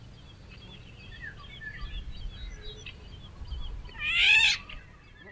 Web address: vozes dos passaros oriole canto e gritos